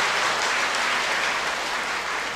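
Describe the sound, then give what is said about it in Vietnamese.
A crowd at a Buddhist dharma talk applauds steadily, a dense, even wash of many hands clapping at once, sustained and fairly loud throughout with no voices standing out. “Cho ông vô tay cho nó.”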